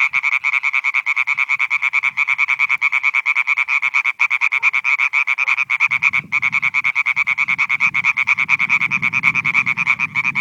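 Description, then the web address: European tree frogs give rapid, insistent crek-crek calls without stopping, while a low rumble rises in the second half. "Viltansou Rainettes. la rainette verte"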